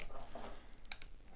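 A torso frame piece, which only fits one way, is pushed into the body section of a 6-foot animated talking Grim Reaper decoration stand from Spooky Village (CVS). A soft rustling precedes a sharp click at 0.9 s, followed by a smaller tick, as the piece snaps into place and seats.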